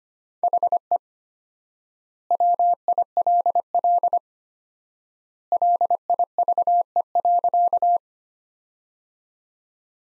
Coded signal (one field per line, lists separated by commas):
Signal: Morse code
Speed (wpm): 25 wpm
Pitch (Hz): 700 Hz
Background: none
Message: HE WILL LIVE.